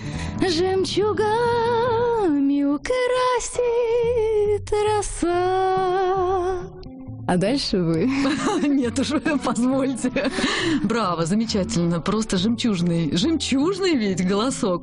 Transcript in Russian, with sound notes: жемчугами украсит роса. А дальше вы (смеется)
Нет уж, позвольте. (смеется) Браво. Замечательно. Просто жемчужный. Жемчужный ведь голосок.